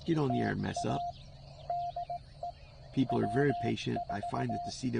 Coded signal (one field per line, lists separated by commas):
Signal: Morse code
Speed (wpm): 18 wpm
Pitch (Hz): 700 Hz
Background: speech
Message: TA DE W4